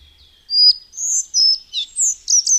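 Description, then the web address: Collared flycatcher song: a short phrase of about six high, thin whistled and squeaky notes, each brief and slightly varied in pitch. "Madardalok. Örvös légykapó"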